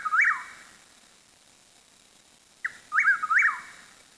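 Bird giving clear whistled notes that rise and fall sharply, one phrase at the start and a longer one after a pause of about two seconds.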